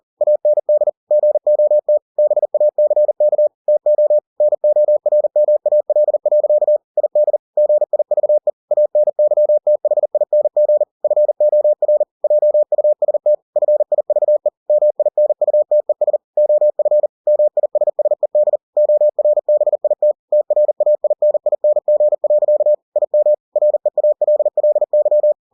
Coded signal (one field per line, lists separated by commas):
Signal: Morse code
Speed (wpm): 40 wpm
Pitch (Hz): 600 Hz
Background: none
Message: AND GOT BACK TO NORMAL. ID GIVE ANYTHING FOR JUST FIVE MINUTES OF MISSED ORBIT TRAINING. IM REALLY